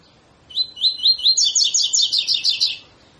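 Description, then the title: Double-collared seedeater singing a continuous phrase: a few clear rising whistled notes that speed up into a dense, rapid string of buzzy high notes. Tutor song (canto professor) for training birds; tui tui song style; bird described as fibra. "COLEIRO TUI TUI FIBRA CANTO PROFESSOR"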